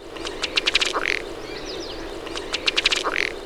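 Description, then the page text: Ruddy duck display: a quick series of ticking notes that speed up and end in a low bubbling burp, given twice over steady background noise. Male during courtship, giving a bubbling series of accelerating quacks. "Ruddy Duck. VOZ: Durante el cortejo, el macho emite una burbujeante serie de acelerados graznidos"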